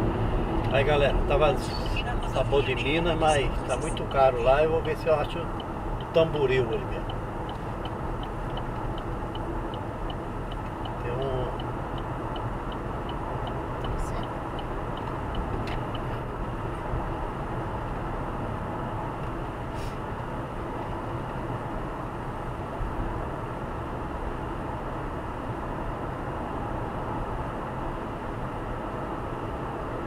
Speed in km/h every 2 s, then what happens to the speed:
90, 91, 93, 94, 98, 102, 106, 106, 104, 104, 103, 104, 106, 105, 106.
0-12 speeds up to 106. 12-30 steady at about 105.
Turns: none.